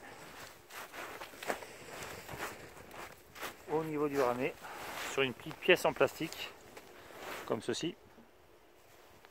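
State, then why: Not seated. A child's pulk towing shaft end, a Norpulken, is lined up with the small plastic connector on the harness before being inserted. Someone talks over small handling and rustling noises. Nothing has seated or clicked yet.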